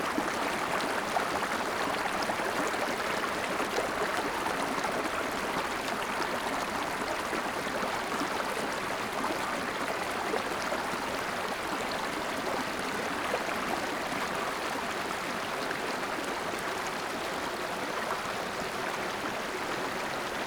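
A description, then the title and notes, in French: A small mountain torrent rushes along the bottom of a gorge, heard from close by on its bank. The water's hiss and churn stay dense and steady for the whole stretch, bright and full, with no breaks and no other sounds standing out. Au bord du Chandel. Le Chandel - Drôme - Nagra Seven - Binaural - Seinheiser mkh8020. Petit torrent de moins de deux kilomètres, le Chandel parcourt rapidement le fond des gorges du même nom. Un beau jour sans vent.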